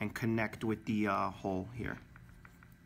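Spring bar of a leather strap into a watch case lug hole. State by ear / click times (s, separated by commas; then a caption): seated / 2.5 s. Someone talks while a flat-head screwdriver presses down the spring bar of a leather strap and pushes it into the lug hole of a black-face Skagen 433LSLB watch case. After the talking, a few faint, sharp ticks follow, and the spring bar clicks into the hole at about 2.5 s, seating it.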